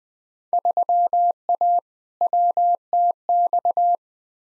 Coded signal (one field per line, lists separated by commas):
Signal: Morse code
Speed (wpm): 20 wpm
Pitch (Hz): 700 Hz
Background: none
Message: 3A WTX